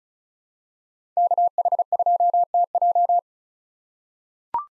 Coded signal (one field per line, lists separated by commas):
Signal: Morse code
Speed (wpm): 36 wpm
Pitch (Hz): 700 Hz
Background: none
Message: KH2TJ